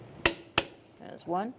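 A torque wrench set to 83 ft-lbs tightens a wheel lug nut on a 2007–2012 Nissan Altima in a star pattern, the job done while replacing the front brake calipers. Two sharp metallic clicks ring out at 0.3 and 0.6 seconds as the wrench reaches its setting, confirming the nut is torqued. Afterward someone talks briefly.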